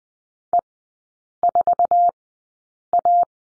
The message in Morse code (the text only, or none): E4A